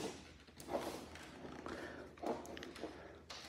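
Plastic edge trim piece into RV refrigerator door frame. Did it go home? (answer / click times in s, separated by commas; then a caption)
no / none. A plastic edge trim piece is pushed back into the frame of an RV refrigerator door after the new mirror panel has been fitted. Only small taps and handling noises are heard, with short knocks around 1.7, 2.5 to 2.6 and 3.3 seconds. The trim does not snap in and no latch click is heard, so nothing has clicked into place, though the piece still fits.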